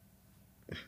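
After a stretch of quiet room noise, a single short, abrupt voiced catch is heard near the end: one hiccup from an adult, brought on by drinking wine. It is a sudden involuntary gulp of breath, cut off sharply.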